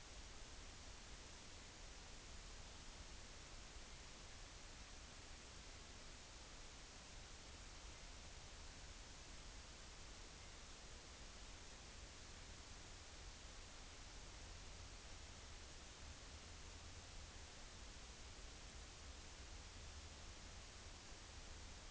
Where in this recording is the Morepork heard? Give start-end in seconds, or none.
none